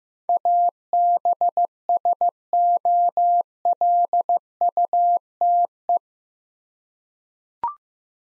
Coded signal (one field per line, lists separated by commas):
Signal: Morse code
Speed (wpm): 15 wpm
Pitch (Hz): 700 Hz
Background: none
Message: ABSOLUTE